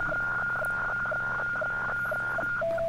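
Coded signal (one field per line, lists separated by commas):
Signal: weather fax (radiofax)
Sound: steady whistle tone with rapid regular clicks, then dropping to a lower steady tone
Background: low hum, radio static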